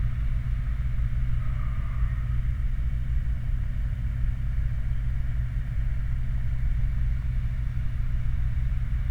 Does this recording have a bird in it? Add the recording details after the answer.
no. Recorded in the Prudhoe Bay oil fields, Alaska, on 29 July 2019 at 01:08. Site 29